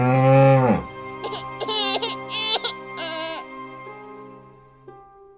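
animal, ox lowing

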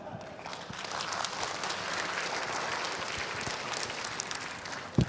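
crowd, audience applause

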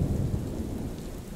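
nature, steady drizzling rain

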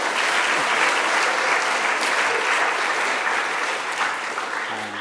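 crowd, audience applause

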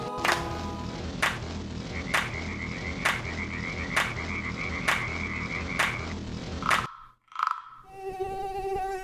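animal, toad croaking

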